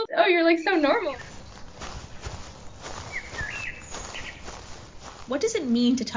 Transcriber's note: footsteps through grass and chirping birds sound effect